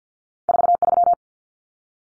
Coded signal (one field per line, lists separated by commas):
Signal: Morse code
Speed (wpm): 50 wpm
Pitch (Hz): 700 Hz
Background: none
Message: 43